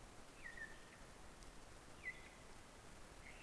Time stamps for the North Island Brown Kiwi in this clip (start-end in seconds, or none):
none